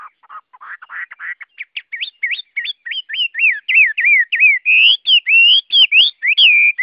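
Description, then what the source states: Chinese hwamei song that starts with low chattering, then builds into loud, repeated whistled phrases that slur up and down, growing stronger toward the end. Song in the 'forest voice' (giọng rừng) style.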